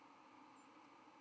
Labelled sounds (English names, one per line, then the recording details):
White-throated Sparrow flight call
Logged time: 07:23 on 31 October 2014